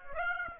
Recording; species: mosquito wingbeat signal from an infrared sensor; Aedes aegypti